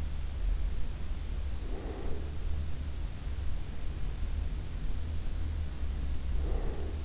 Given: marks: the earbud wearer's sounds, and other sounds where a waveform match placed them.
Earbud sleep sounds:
sounds in sleep by an in-ear microphone; breath
1.45-2.26 s: breath
6.33-7.04 s: breath

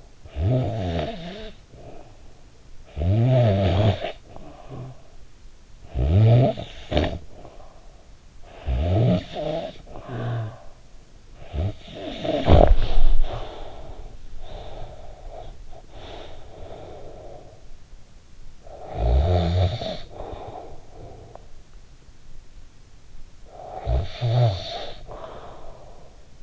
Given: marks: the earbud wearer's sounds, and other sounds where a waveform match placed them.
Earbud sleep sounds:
sounds in sleep by an in-ear microphone; snoring breath, breath
0.20-5.37 s: snoring breath
5.57-8.15 s: snoring breath
8.26-14.32 s: snoring breath
14.32-17.64 s: breath
18.29-21.78 s: snoring breath
23.21-26.43 s: snoring breath

